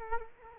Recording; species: mosquito wingbeat signal from an infrared sensor; Culex quinquefasciatus